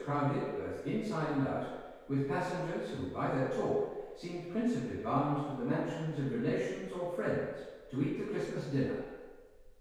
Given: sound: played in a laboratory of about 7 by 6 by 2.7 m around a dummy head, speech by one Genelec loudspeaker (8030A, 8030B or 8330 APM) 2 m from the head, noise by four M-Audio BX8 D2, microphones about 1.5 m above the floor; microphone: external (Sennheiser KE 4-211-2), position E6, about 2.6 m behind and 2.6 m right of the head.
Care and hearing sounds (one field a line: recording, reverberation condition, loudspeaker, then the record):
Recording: male speech in English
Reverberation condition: high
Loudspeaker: 90 degrees to the right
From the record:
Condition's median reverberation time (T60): about 1300 ms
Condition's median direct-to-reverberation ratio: about -4.0 dB